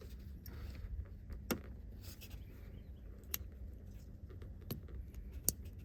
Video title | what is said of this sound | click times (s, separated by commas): How to Replace a Ford Multifunction Switch and De-pin Connector | heard it snap | 5.5 s